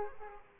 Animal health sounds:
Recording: mosquito wingbeat signal from an infrared sensor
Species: Aedes aegypti

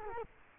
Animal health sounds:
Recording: mosquito wingbeat signal from an infrared sensor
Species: Culex quinquefasciatus

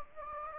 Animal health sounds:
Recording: mosquito wingbeat signal from an infrared sensor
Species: Anopheles gambiae

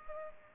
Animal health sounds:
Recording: mosquito wingbeat signal from an infrared sensor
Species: Culex pipiens

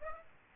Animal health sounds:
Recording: mosquito wingbeat signal from an infrared sensor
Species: Aedes aegypti

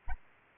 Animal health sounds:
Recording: mosquito wingbeat signal from an infrared sensor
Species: Anopheles arabiensis

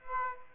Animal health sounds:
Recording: mosquito wingbeat signal from an infrared sensor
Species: Aedes aegypti

